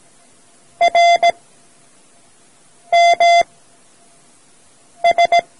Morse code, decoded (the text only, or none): RMS